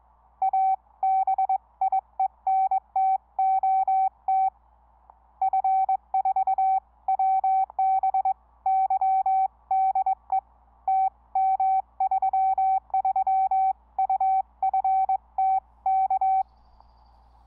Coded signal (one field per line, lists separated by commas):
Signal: Morse code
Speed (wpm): 22 wpm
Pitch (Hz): 770 Hz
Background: none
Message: A BIENTOT F4WBY DE TM33UFT K